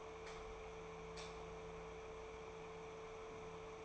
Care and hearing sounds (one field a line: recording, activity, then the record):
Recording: daily activity, microphone in the room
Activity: light on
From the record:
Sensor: 1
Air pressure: 1014.8 hPa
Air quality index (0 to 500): 186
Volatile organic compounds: 18 ppm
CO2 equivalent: 2632 ppm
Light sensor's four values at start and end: 35/87/37/45 and 38/102/42/50